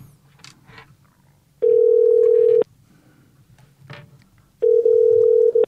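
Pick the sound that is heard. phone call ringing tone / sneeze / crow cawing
phone call ringing tone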